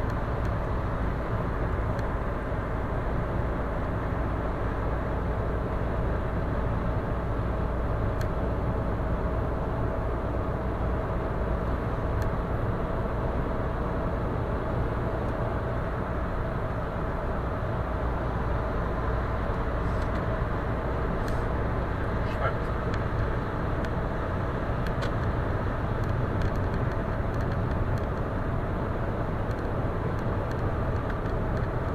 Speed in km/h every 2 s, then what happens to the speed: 100, 100, 102, 103, 104, 105, 105, 107, 107, 104, 104, 107, 109, 109, 110, 110.
0-32 speeds up to 110.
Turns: none.